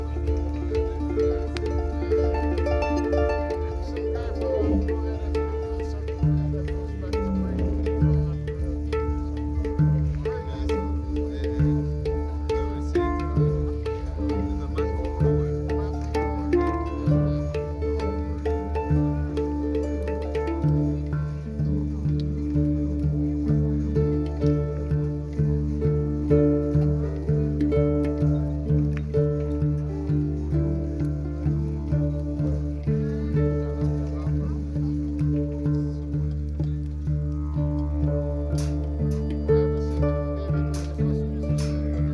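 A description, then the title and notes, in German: A harp, a hang drum and a didgeridoo play together around a fire bowl. The didgeridoo holds a deep, steady drone throughout, while plucked harp notes and ringing hang tones move above it in a steady, repeating pattern. Sharp metallic hammer strikes occasionally cut through near the end. Ohrenblick: Harfe, Hang und Didgeridoo. Aufgenommen mit einem 3D-Mikrofon. Um die Feuerschale sitzen eine Harfe, ein Hang und ein Didgeridoo. Im Hintergrund hört man das Hämmern der Schmiede.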